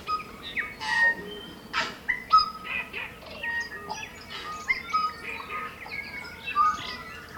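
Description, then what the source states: Tui song: a fast, varied run of clear whistled notes mixed with sharp clicks and wheezy bursts, with other birds calling alongside and a steady low hum beneath. Morning chorus, New Zealand.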